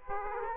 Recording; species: mosquito wingbeat signal from an infrared sensor; Aedes aegypti